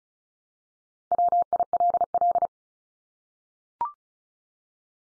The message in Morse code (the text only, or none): WILL